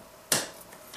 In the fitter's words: And it snaps in.